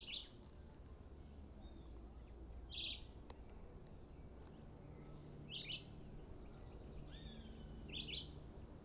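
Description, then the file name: Red-eyed vireo singing brief, slurred whistled phrases about every two to three seconds, with a constant high insect hiss and low background rumble. Recorded at Nazaré, dated 21-09-13. "Juruviara Vireo olivaceus Nazare Pta 21-09-13"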